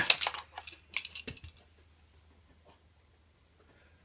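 A long object slid between the top and bottom rails of a Keltec RD4 rifle is wiggled until the scope snaps off its rail mount in a mock disassembly. Sharp metallic snaps at 0.1 s and 0.2 s are followed by a few softer clinks and scrapes around 1.0–1.5 s, then near silence. The scope comes free and is off the rifle.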